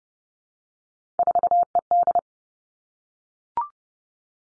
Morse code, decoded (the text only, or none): 4ED